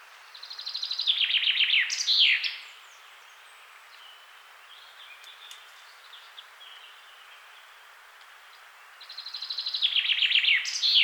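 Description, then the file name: Common chaffinch singing: a rapid descending trill ending in a sharp flourish, then after a quiet gap of several seconds another phrase begins. "Fringilla coelebs"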